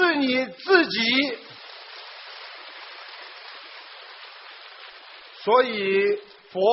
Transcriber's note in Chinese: 掌声